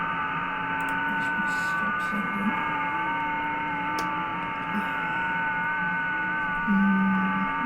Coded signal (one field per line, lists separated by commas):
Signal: FT8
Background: speech